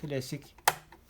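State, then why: Seated. A bobbin case on a Bernette Sew Go 3 sewing machine, holding the wound bobbin with the thread kept at the front, is pushed into its metal hook race and seats with a sharp click at 0.7 s, followed by faint ticks. Someone talks at the start. The click is only heard when the case is not inserted while holding its latch.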